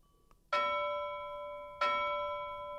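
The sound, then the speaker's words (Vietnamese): Two resonant bell strikes ring out, about a second apart, each with a sharp onset and a long, shimmering sustain of layered metallic tones that slowly fade. “Tiếng chuông dài kỳ lạ vang lên bên tai.”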